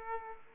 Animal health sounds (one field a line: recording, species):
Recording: mosquito wingbeat signal from an infrared sensor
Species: Aedes aegypti